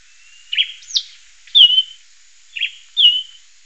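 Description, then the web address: Bird calls: several short notes near one pitch, with one sharp high note sliding steeply down early on. "BIRD 2015 SABIOD 50 bird 2015"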